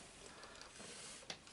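The centre leg of a plastic brick droid model is pushed up into the body hinge against a steady background hiss. A firm, sharp click sounds at 1.3 s as the leg mechanism locks home and seats in place.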